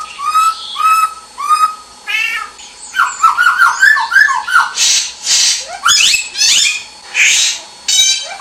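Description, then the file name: Bird song: three repeated whistled notes open, followed by rapid varied chirps, trills and buzzy bursts, with short pauses between phrases. Kept house bird locally called samyong, singing. "suara burung samyong rumahan"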